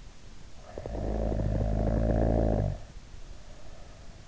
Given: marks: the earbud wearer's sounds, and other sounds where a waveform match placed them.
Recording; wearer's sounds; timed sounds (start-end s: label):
sounds in sleep by an in-ear microphone; snoring breath
0.32-4.01 s: snoring breath